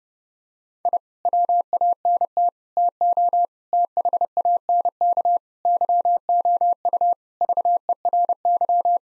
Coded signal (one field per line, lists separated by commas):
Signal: Morse code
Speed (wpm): 30 wpm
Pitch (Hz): 700 Hz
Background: none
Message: I WANT TO THANK YOU VERY